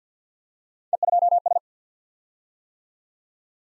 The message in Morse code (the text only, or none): E2S